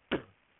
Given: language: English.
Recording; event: throat vibration sensor signal played as sound; cough